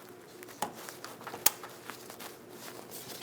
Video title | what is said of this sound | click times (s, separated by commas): How to Replace Fuel Tank Lock Ring 2003-2025 Chevrolet Express 2500 | Sure that clip clips into place. | 1.5 s